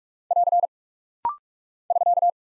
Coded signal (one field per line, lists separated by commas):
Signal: Morse code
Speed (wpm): 44 wpm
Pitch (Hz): 700 Hz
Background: none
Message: <AR> <SK>